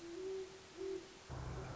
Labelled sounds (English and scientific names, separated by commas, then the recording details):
Great Horned Owl (Bubo virginianus)
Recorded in Sonoma County, California